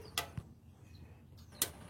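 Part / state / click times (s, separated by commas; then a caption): power on/off rocker switch into amplifier cabinet panel cutout / seated / 0.2 s, 1.6 s. A power on/off rocker switch, set with its marked side facing down, is pushed into the cutout in an amplifier cabinet panel. Two sharp snaps are heard at 0.2 s and 1.6 s, with a faint low thump at 0.4 s between them. The switch locks into place in the cutout.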